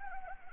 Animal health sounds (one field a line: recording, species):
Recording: mosquito wingbeat signal from an infrared sensor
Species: Anopheles gambiae